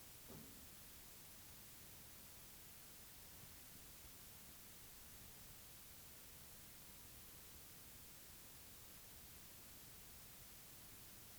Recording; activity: daily activity, guitar pickup as the sensor; stand